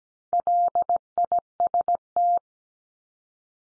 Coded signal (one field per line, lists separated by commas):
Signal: Morse code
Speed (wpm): 17 wpm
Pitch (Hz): 700 Hz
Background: none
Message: LIST